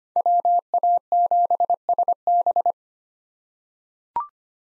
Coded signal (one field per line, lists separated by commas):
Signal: Morse code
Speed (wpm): 25 wpm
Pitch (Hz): 700 Hz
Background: none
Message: WA7SB